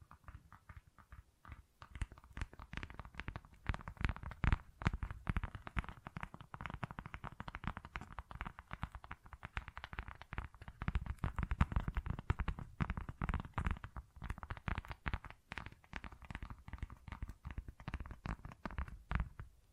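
Tapping and scratching textures fill the recording, a dense, irregular stream of quick clicks and scrapes with no pauses longer than a moment. The sharp, crackly taps are rich in low thumps and bright edges, slightly sparser in the first two seconds.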